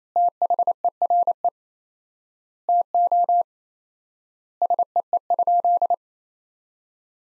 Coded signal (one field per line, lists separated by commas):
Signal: Morse code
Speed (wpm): 28 wpm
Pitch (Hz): 700 Hz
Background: none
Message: THERE TO SEE?